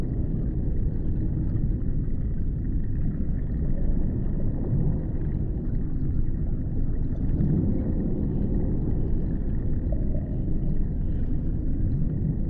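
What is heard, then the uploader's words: Underwater ambient noise: a dense, steady low rumble and wash that fills the whole clip without pause, muffled and dark with almost nothing bright above it. Faint, scattered clicks and crackles surface now and then, but the level stays constant throughout. Underwater Ambient Noise. Peaceful sound of white noise.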